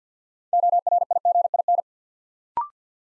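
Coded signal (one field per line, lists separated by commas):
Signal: Morse code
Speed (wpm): 50 wpm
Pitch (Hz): 700 Hz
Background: none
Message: ORIGIN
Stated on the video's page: Morse practice building 6-letter words three letters at a time at 50 wpm, for instant character recognition training.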